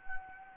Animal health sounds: mosquito wingbeat signal from an infrared sensor; Anopheles arabiensis

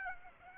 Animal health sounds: mosquito wingbeat signal from an infrared sensor; Aedes aegypti

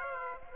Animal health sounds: mosquito wingbeat signal from an infrared sensor; Aedes aegypti

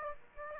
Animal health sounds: mosquito wingbeat signal from an infrared sensor; Aedes aegypti

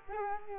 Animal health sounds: mosquito wingbeat signal from an infrared sensor; Culex quinquefasciatus

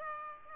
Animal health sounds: mosquito wingbeat signal from an infrared sensor; Aedes albopictus

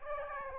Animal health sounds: mosquito wingbeat signal from an infrared sensor; Aedes albopictus

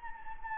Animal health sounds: mosquito wingbeat signal from an infrared sensor; Anopheles gambiae

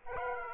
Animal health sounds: mosquito wingbeat signal from an infrared sensor; Aedes aegypti

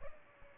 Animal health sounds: mosquito wingbeat signal from an infrared sensor; Aedes albopictus

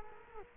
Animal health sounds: mosquito wingbeat signal from an infrared sensor; Culex quinquefasciatus

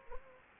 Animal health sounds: mosquito wingbeat signal from an infrared sensor; Anopheles gambiae

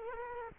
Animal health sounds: mosquito wingbeat signal from an infrared sensor; Culex quinquefasciatus

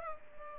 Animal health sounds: mosquito wingbeat signal from an infrared sensor; Culex pipiens

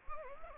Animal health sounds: mosquito wingbeat signal from an infrared sensor; Anopheles gambiae

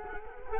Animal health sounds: mosquito wingbeat signal from an infrared sensor; Culex quinquefasciatus

